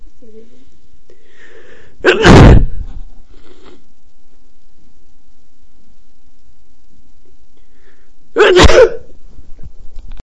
Male sneeze.